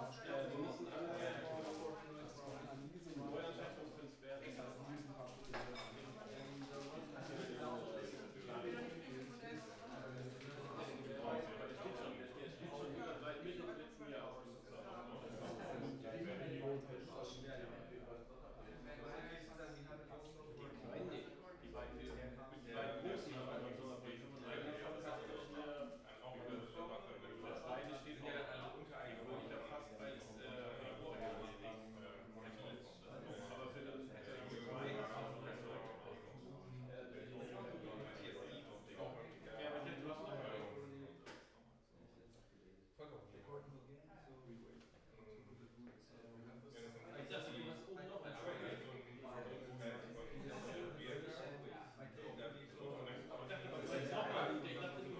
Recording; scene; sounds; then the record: everyday scene through a hearing-aid microphone; many people talking; many voices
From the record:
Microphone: behind the ear, right, front